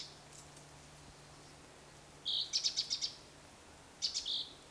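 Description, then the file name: Great tit calls: two bursts of high, rapid chattering notes, the first of several quick pulses, the second shorter, with a low steady hum beneath. "Parus major"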